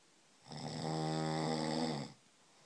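One long, low, buzzing snore lasting under two seconds, rising and fading smoothly: ordinary snoring from a sleeping adult male, a sound heard every single night.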